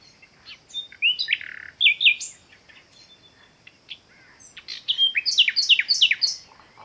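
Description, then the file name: Common nightingale song of swooping slurred whistles, scattered soft notes, then a rapid run of repeated down-sweeping notes. "Luscinia megarhynchos"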